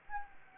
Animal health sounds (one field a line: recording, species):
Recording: mosquito wingbeat signal from an infrared sensor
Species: Anopheles gambiae